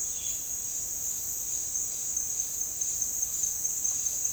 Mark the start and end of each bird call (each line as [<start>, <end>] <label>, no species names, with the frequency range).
[0.08, 0.78] bird call (1.8-5.5 kHz)